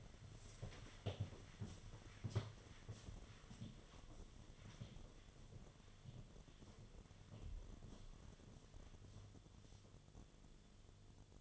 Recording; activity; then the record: daily activity, microphone in the room; walk to room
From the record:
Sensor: 4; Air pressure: 1011.0 hPa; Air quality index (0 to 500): 159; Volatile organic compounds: 4 ppm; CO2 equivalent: 1620 ppm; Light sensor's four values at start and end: 43/123/50/51 and 45/127/51/53